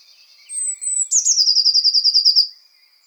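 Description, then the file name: Eurasian blue tit singing a high, thin sustained note followed by a quick, rapidly repeated trill. "Cyanistes caeruleus"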